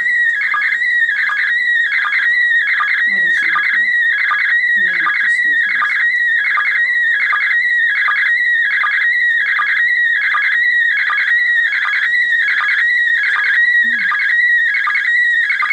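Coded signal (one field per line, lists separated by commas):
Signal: SSTV (slow-scan television)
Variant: PD 180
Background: speech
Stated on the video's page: SSTV images transmitted from the International Space Station as an experiment.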